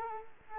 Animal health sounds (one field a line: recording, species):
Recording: mosquito wingbeat signal from an infrared sensor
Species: Culex quinquefasciatus